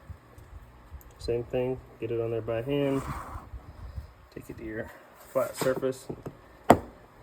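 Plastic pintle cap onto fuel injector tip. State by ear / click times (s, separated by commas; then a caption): seated / 6.7 s. A new plastic pintle cap is fitted by hand onto the tip of a fuel injector for a Ford 4.6/5.4/6.8 engine. The injector is then pushed down on a flat surface while someone talks. At 6.7 s one sharp pop is heard as the cap seats into place.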